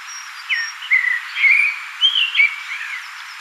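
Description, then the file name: Common blackbird song: a sequence of clear, liquid whistled notes rising and falling, loud and unhurried, with a faint high squeak near the start. "Turdus merula"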